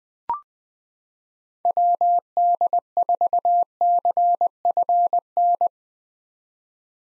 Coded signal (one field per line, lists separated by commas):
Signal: Morse code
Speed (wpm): 20 wpm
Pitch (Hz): 700 Hz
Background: none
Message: WD4CFN